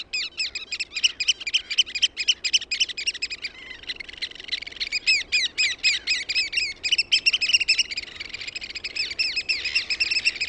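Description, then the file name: Eurasian oystercatcher calls in a busy, rapid piping sequence, high sharp notes tumbling over each other throughout, with faint background rustle. "MERIHARAKKA"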